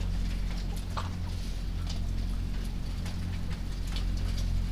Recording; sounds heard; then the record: poultry house recording; sick chickens (respiratory disease)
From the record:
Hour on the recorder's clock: 3